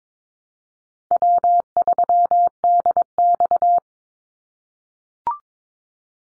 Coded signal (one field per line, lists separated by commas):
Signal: Morse code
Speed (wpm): 22 wpm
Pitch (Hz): 700 Hz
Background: none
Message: W3DX